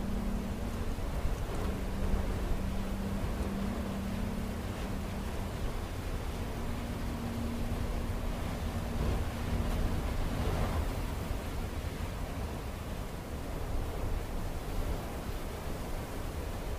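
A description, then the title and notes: A storm wind roars steadily and densely, a thick rushing sound heavy in the low end with a constant hiss above. A faint low hum drifts in and out during the first ten seconds, and the gusts swell slightly around the middle. Waiting out the Storm: ambient soundscape.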